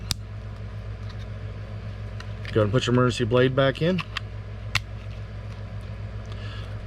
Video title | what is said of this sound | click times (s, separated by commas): How to replace a 2019 Ram 1500 Pickup 4 Button Smart Remote Key Fob Battery | go ahead and squeeze it together you'll hear it snap | 0.1 s